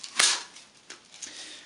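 An A&K 5,000-round STANAG high-capacity box magazine is pushed into the magazine well of an A&K Masada ACR airsoft rifle, giving a small tap at 0.0 s, a loud sharp plastic knock at 0.2 s, a softer knock near 0.9 s and a short tap at 1.2 s. The magazine does not go in and nothing has seated or clicked, because the rifle's receiver sits too low for it to fit.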